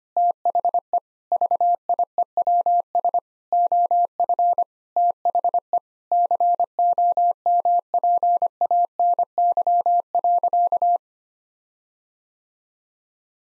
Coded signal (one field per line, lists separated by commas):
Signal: Morse code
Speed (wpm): 25 wpm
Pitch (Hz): 700 Hz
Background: none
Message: THE VIEWS OF THE COMPANY.